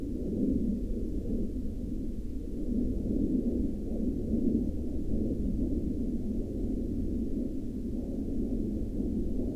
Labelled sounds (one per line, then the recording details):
aircraft
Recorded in the Prudhoe Bay oil fields, Alaska, on 17 May 2021 at 01:06
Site 24